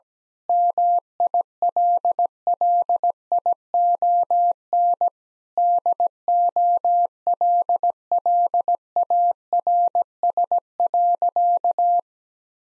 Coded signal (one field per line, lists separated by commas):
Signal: Morse code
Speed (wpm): 17 wpm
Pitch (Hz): 700 Hz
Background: none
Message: MILLION DOLLARS.